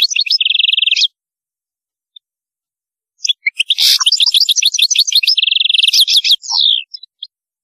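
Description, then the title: European goldfinch song opening with a fast even trill, then after a pause a long twittering run of liquid notes with another rapid trill and a few final notes. "Chant Chardonneret"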